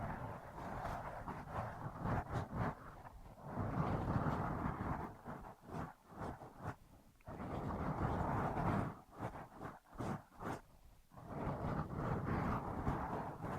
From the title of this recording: Ear Massage, Cleaning